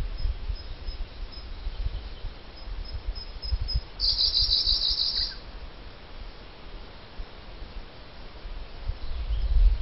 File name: canto do pisco azul siberiano